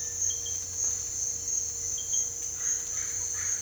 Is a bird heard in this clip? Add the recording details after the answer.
yes. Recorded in dense forest near Puerto Asís, Putumayo, Colombia, on 26 December 2024 at 06:30. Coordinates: 0.485, -76.318. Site GP03